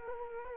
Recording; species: mosquito wingbeat signal from an infrared sensor; Culex quinquefasciatus